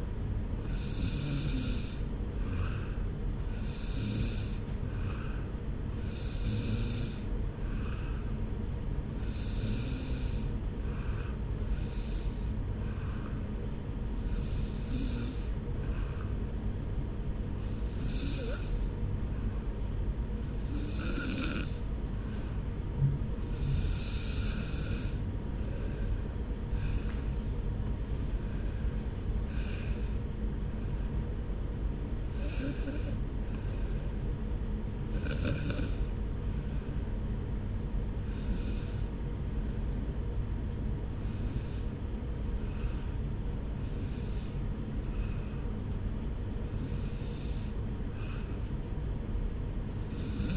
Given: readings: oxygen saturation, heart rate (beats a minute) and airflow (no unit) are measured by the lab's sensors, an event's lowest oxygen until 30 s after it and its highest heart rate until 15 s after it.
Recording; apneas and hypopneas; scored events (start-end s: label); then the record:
breathing in sleep by a smartphone at the bedside; none
2.00-32.00 s: new sleep stage, N3 (deep sleep)
32.00-50.57 s: new sleep stage, N2 (light sleep)
From the record:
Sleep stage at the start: N2 (light sleep); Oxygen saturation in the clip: 92 to 94%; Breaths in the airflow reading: 17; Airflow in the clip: -2.7 to 4.5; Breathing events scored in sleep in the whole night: 335 in 6.7 hours asleep